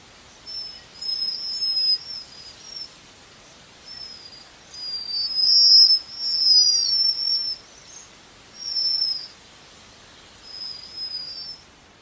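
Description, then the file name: Japanese waxwing uttering thin, very high trills in several bursts, some longer and louder, with brief gaps between them over faint hiss. "Canto da japanese Waxwing"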